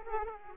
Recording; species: mosquito wingbeat signal from an infrared sensor; Aedes aegypti